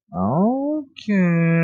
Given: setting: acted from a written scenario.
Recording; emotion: vocal sound without words; interest